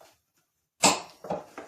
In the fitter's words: There's the click.